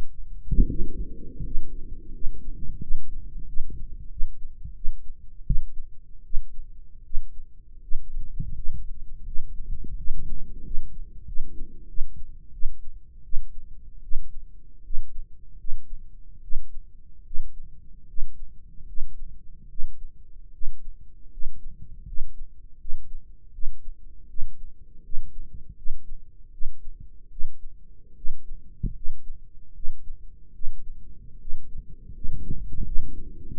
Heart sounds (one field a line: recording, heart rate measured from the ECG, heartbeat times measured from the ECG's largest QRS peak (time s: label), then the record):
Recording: heart sounds by microphone in the right ear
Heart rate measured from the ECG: 80 bpm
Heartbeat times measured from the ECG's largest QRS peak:
0.65 s: heartbeat
1.42 s: heartbeat
2.12 s: heartbeat
2.80 s: heartbeat
3.46 s: heartbeat
4.09 s: heartbeat
4.74 s: heartbeat
5.44 s: heartbeat
6.23 s: heartbeat
7.03 s: heartbeat
7.81 s: heartbeat
8.54 s: heartbeat
9.24 s: heartbeat
9.96 s: heartbeat
10.63 s: heartbeat
11.25 s: heartbeat
11.87 s: heartbeat
12.51 s: heartbeat
13.23 s: heartbeat
14.01 s: heartbeat
14.83 s: heartbeat
15.57 s: heartbeat
16.41 s: heartbeat
17.24 s: heartbeat
18.06 s: heartbeat
18.85 s: heartbeat
19.68 s: heartbeat
20.51 s: heartbeat
21.30 s: heartbeat
22.04 s: heartbeat
22.77 s: heartbeat
23.51 s: heartbeat
24.27 s: heartbeat
25.02 s: heartbeat
25.75 s: heartbeat
26.50 s: heartbeat
27.29 s: heartbeat
28.14 s: heartbeat
28.93 s: heartbeat
29.73 s: heartbeat
30.52 s: heartbeat
31.38 s: heartbeat
32.12 s: heartbeat
32.83 s: heartbeat
33.51 s: heartbeat
From the record:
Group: healthy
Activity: rest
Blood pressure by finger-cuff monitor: 144/80 mmHg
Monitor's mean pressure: 103 mmHg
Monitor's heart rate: 76 bpm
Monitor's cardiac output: 6.9 L/min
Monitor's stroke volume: 90 mL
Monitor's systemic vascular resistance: 1080 dyn s/cm5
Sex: male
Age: 21 years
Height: 180 cm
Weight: 67.5 kg